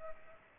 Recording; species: mosquito wingbeat signal from an infrared sensor; Aedes aegypti